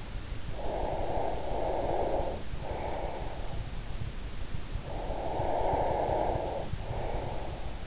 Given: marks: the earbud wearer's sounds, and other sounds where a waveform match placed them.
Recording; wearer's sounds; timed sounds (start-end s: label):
sounds in sleep by an in-ear microphone; breath
0.50-3.67 s: breath
4.77-7.87 s: breath